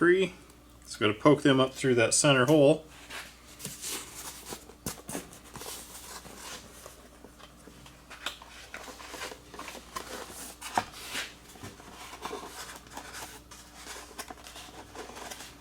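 Someone talks briefly while plastic landing gear for an H-King Viper 64 6S RC EDF jet is poked up through the center hole of the foam fuselage mount and lined up. Soft handling rustles and a few small plastic taps follow. Nothing has seated or clicked into place yet.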